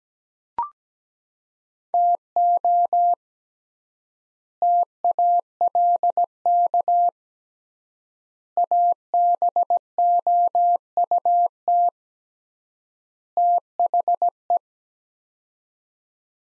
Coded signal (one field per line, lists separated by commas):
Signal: Morse code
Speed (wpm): 17 wpm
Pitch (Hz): 700 Hz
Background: none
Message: TO TALK ABOUT THE